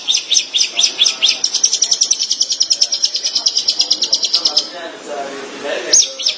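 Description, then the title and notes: Long-tailed shrike giving a rapid series of high chirps that speed into a pulsing trill, then stopping, followed by soft scattered sounds and one last chirp. March 2017. "Pentet 201703. Suara burung pentet"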